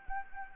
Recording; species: mosquito wingbeat signal from an infrared sensor; Anopheles arabiensis